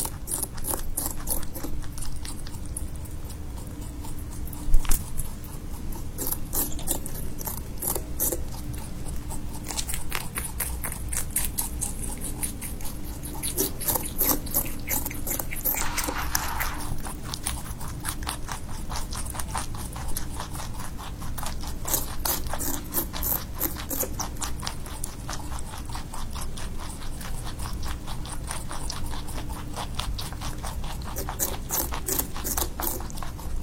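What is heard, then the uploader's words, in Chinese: A small rabbit eats grass, its rapid, crisp crunching bites running almost continuously across the whole clip at a quick, fairly even pace. A sharper knock lands near five seconds, and a steady low hum sits underneath. 小兔吃草。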